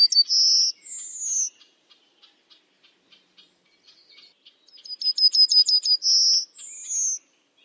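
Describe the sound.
A bird sings twice: the trill and falling whistle close the first phrase, scattered soft chips follow, then a second full phrase of quick notes, buzz and descending whistle.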